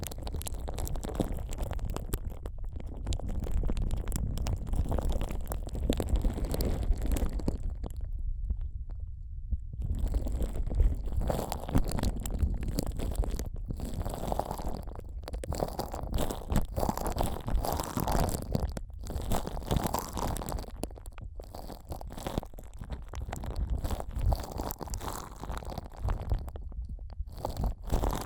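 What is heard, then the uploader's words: Ear massage sounds: steady, dense rubbing and rustling with a heavy low rumble throughout. The texture shifts every few seconds, with brief quieter gaps near 9, 21 and 27 seconds and soft brighter swishes layered over the low muffled pressing. ASMR 10 Ear Massages for Sleep (No Talking).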